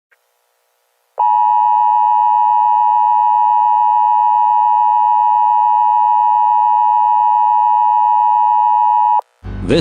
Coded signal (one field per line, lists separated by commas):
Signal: Emergency Alert System (SAME) tones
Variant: 853 and 960 Hz attention tone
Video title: WISCONSIN AMBER ALERT CANCELLATION EAS 1/10/21